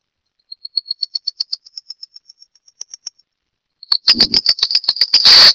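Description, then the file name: Wren-like rushbird giving a steady string of thin, high ticking notes for nearly three seconds, pausing, then breaking into a loud, harsh, rapid chatter that grows denser toward the end. "Phleochryptes melanops - Junquero"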